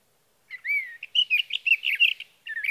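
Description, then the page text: Sage thrasher singing: a slurred whistled opening note, then a rapid jumbled warble of varied chirpy notes, pausing briefly before another phrase starts. Male singing through the night near his night roost, over three nights from June 12 to June 15, 2018, Sierra Valley, California; Swift recorder. "Sage thrasher songs, through the night. from the evening of June 12 to the morning of June 15, 2018, in Sierra Valley, California"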